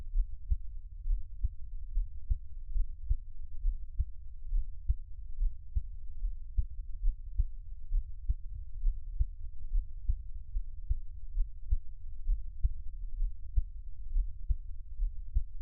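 Soft, steady low thumps at about 67 beats a minute: an adult heartbeat with a regular rhythm.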